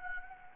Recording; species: mosquito wingbeat signal from an infrared sensor; Anopheles gambiae